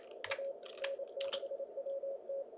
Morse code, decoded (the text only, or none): A N6WT